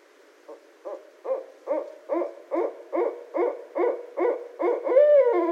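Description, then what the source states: Barred owl call, a steady series of about eleven rhythmic hoots building in strength, ending in a longer slurred, drooping hoot. Recorded 18 January 2012.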